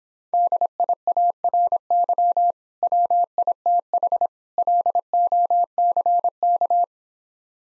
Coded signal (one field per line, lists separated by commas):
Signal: Morse code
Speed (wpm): 26 wpm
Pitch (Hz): 700 Hz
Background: none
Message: DIARY WITH LOCK